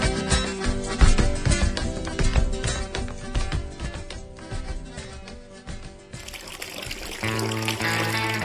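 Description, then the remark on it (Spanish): Cooking oil pours steadily down a drain, a continuous gurgling trickle with ringing tones, growing thinner and then shifting to a lower, hollow burble toward the end. “O aceite de cocinar en el desagüe.”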